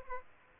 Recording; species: mosquito wingbeat signal from an infrared sensor; Aedes aegypti